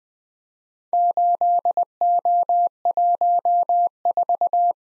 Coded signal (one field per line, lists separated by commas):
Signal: Morse code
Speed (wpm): 20 wpm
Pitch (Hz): 700 Hz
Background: none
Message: 8O14